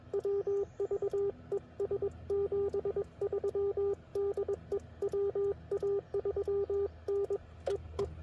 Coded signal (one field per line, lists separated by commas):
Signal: Morse code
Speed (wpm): 22 wpm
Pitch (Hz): 400 Hz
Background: radio noise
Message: WVE S 73 DE WA3N EE